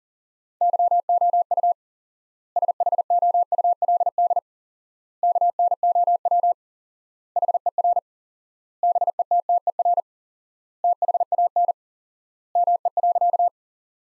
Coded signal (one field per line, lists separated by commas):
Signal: Morse code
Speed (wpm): 40 wpm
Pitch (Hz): 700 Hz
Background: none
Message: YOU SHOULD KNOW HER BETTER THAN ME.